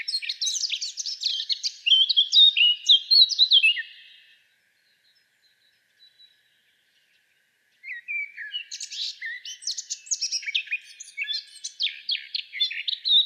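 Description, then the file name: Eurasian blackcap singing two fast scratchy warbling bursts separated by about four seconds of near silence, the second burst longer and denser. "Sylvia atricapilla"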